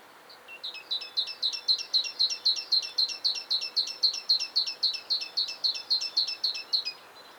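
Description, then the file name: Great tit: a fast, even run of sharp, high two-part notes, about four a second for some six seconds, over a faint steady hiss. "Parus major"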